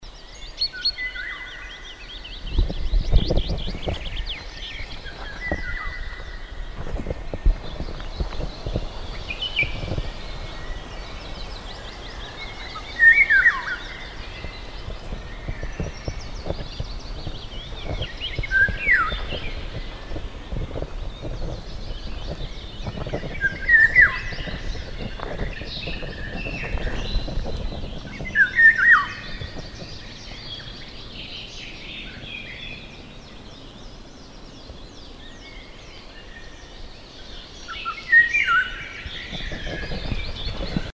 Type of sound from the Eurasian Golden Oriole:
song